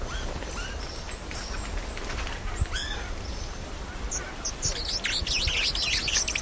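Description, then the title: Tepui brush finch singing scattered thin high notes, building into a dense, fast, buzzy run of notes over the last two seconds, with a constant low background rumble. "LuckyPassaro Completos2Sama. Tepui Brush Finch (Atlapetes personatus)"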